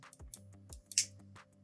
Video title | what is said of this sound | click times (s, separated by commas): How to Use the IAI Servo Press: Real Life Example #valincorporation #servo #servomotors #howto | and it just snapped | 1.0 s